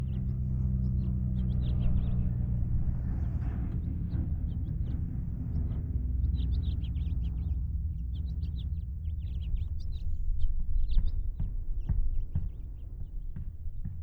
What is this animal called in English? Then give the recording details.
House Finch. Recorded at Oak Beach on Long Island, New York, on 20 May 1975. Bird A